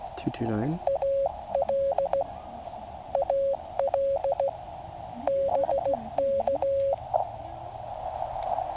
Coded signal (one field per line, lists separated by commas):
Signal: Morse code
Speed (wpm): 15 wpm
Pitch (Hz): 550 Hz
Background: speech, radio noise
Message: AL AL BK